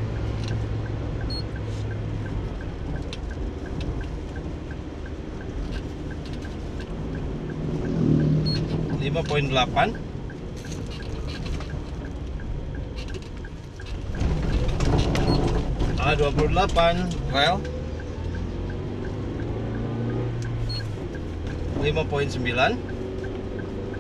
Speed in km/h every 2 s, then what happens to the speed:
46, 44, 43, 43, 43, 43, 43, 43, 44, 44, 44, 44.
0-24 steady at about 43.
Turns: none.